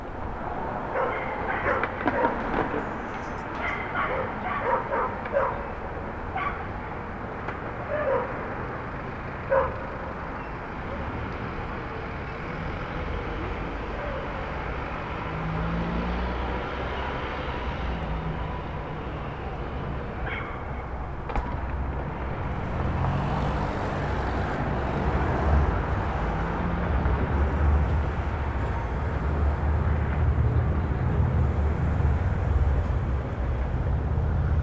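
City ambience from a Brooklyn rooftop at Starr Street and Irving Avenue: a steady traffic hum runs throughout, with scattered short calls and clicks in the first ten seconds. After about twenty seconds a heavy vehicle rumble swells and stays loud to the end.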